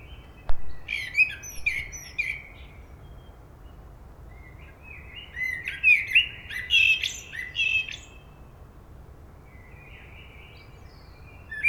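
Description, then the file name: Common blackbird song in a few warbled phrases with shrill twittered endings, a sharp click near the start and a quieter phrase at the end. "Turdus merula"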